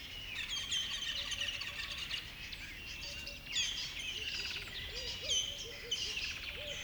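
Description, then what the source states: Many birds chirping and trilling together, with brief low hoots near the end and a faint rushing background. Birds on a river bed at dawn.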